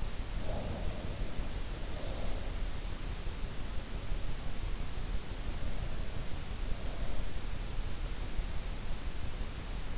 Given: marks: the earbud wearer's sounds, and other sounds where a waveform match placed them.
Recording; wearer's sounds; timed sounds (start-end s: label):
sounds in sleep by an in-ear microphone; breath
0.00-1.46 s: breath
1.75-3.01 s: breath